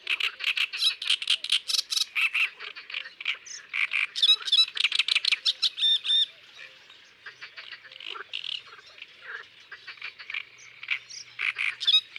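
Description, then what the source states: Great reed warbler song: long run of grating, frog-like croaks and squeaky notes, pausing briefly midway before resuming the harsh chatter. Isère, France.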